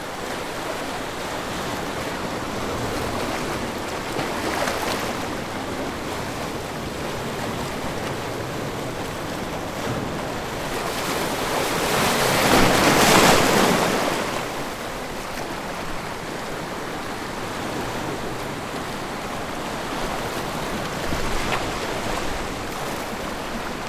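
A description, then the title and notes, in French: A rising tide on the shore, heard as a steady wash of surf with a constant hiss across the whole clip. A larger wave swells and breaks near the middle, around thirteen seconds, with softer surges near five and twenty-two seconds. Light wind rumbles underneath. Première prise marée montante à l'Ile-Grande. En contrebas de la nursery de la station de la Ligue Pour la Protection des Oiseaux de l'Ile Grande, je dévale prudemment un mur de roches et j'enregistre mon premier son de marée montante sur l'Ile Grande.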